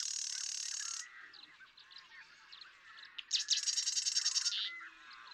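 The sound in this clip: Marsh Wren song: a hissing buzzy burst at the start, soft squeaky notes in between, then a loud rapid rattling trill near the end.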